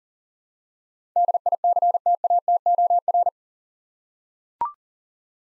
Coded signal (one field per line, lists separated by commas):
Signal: Morse code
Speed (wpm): 40 wpm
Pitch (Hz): 700 Hz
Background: none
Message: DICTATOR